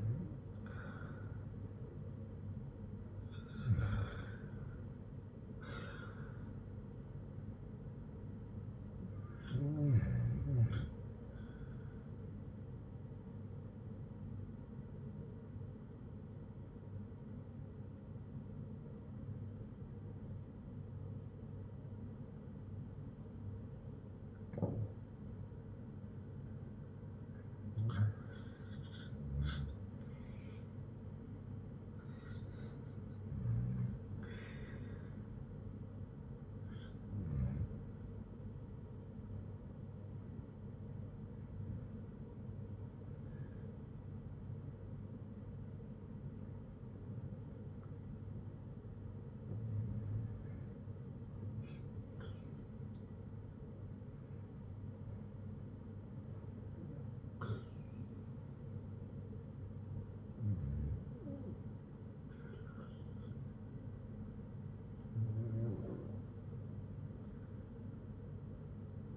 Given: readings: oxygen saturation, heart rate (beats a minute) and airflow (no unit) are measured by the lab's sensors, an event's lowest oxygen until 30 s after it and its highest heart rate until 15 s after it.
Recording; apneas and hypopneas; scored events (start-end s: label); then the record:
breathing in sleep by a smartphone at the bedside; 1
16.00-26.70 s: obstructive apnea (REM, oxygen 94% highest, then 94% lowest, heart rate 63 at the start, 63 highest)
From the record:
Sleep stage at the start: REM sleep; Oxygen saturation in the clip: 92 to 97%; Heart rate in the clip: 58 to 71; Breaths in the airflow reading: 13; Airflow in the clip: -7.4 to 6.0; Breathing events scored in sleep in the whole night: 182 in 7.4 hours asleep